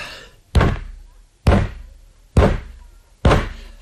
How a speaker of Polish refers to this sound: Brawo, brawo! 4 razy kopnął pan nogą w krzesło.